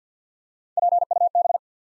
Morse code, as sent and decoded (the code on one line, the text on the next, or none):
.--. / ..- / -...
P U B